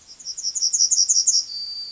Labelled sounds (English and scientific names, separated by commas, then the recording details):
Yellowhammer (Emberiza citrinella) song
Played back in forest
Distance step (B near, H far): C
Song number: 023